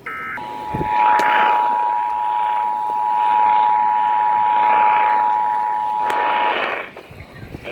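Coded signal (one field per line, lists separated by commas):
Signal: Emergency Alert System (SAME) tones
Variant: 853 and 960 Hz attention tone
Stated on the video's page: Ohio Required Monthly Test received on fewer weather radio stations than before, plus a Required Weekly Test.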